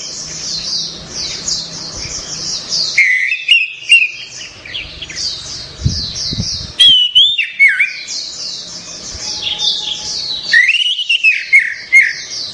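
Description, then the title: Orange-headed thrush song: loud varied phrases of clear slurred whistles and quick high notes repeated throughout. "Anis Merah"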